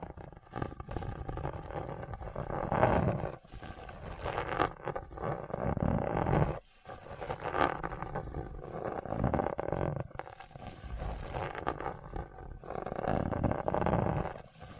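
Hard, bumpy surface scratching in long rough strokes, thick and low, swelling and fading with short breaks near 3.5, 6.5 and 10 seconds.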